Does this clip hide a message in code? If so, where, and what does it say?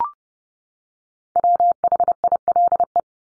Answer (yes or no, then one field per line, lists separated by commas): yes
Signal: Morse code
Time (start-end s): 1.4-3.0 s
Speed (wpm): 30 wpm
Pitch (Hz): 700 Hz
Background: none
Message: WHILE